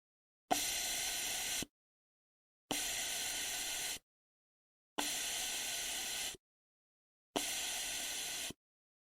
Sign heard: Hospital ventilator.